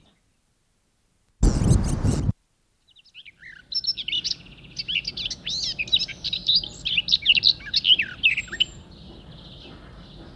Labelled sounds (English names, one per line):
Garden Warbler song